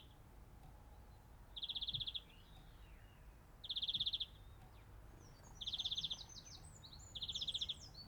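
Greenfinch delivering four fast rattling trills about every two seconds, with a slurred whistle and later a bright chattering phrase.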